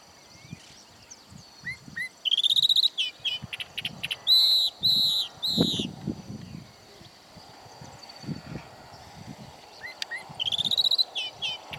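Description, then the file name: Calandra lark song: bursts of bright, chirping and trilled notes at intervals, separated by pauses, over low background noise. "calandria voz"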